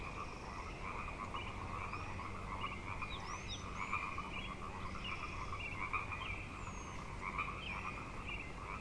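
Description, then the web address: Massed frogs keep up a steady pulsing trill, while sweeping bird whistles and chirps repeat above it several times. Frog chorus at Grafton Lake, recorded 3 May 2009. "The Frog Chorus Tunes Up On Grafton Lake"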